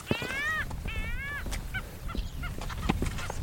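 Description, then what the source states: Arctic skua mewing calls: two drawn-out, arched wails followed by several shorter clipped notes, over steady background noise. Arctic skuas mewing to each other.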